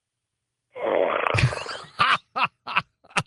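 One loud, rasping snore of about one second from a sleeping adult man, heard over a phone line, followed by brief laughter-like bursts. His snoring is getting louder. He is suspected of having mild sleep apnea, though he does not really stop breathing.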